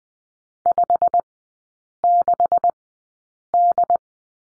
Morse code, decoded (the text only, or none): 56D